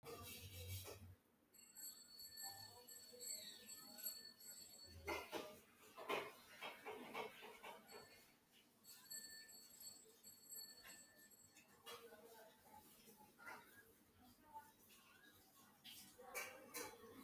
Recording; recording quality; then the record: shallow breathing; poor, much background noise or distortion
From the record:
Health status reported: healthy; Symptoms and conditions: none ticked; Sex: male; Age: 48 years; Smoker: not ticked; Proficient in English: yes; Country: India